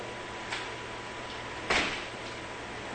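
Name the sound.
door being opened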